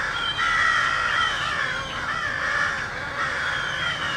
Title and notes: Field Recording: The Wild and Raucous Sounds of Crows Cawing in the Treetops. keith dotson. the fine art photographer podcast. a field recording of rowdy crows loudly cawing in the treetops amidst the sounds of other birds -- and since this was recorded in an urban park -- also you may hear the sounds of morning traffic